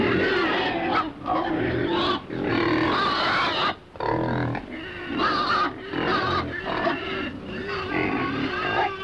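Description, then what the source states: Pig grunting, rough continuous grunts with brief pauses. Pig grunting in a pen.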